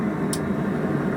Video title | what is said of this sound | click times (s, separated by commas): Prepping New Traps and Racoon Trapping 101 With Hunter Crimm | You'll hear it click. Yeah. | 0.3 s